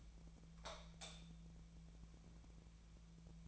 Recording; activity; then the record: daily activity, microphone in the room; light off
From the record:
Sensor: 1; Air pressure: 1000.0 hPa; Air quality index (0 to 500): 130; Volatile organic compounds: 2 ppm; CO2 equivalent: 1231 ppm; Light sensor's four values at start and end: 29/79/32/37 and 25/64/27/32